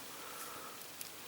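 The small plastic end piece of a toy arrow is clipped into its holder on a plastic toy from a 2011 Thundercats line. Against a steady hiss, a short sharp click at 1.0 s marks the piece seating in place.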